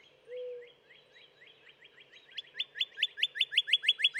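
Northern cardinal song: a series of clear whistled downslurred notes, starting soft and growing louder.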